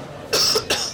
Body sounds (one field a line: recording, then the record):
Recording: coughing mixed with background sound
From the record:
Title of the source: November cold (wet coughing)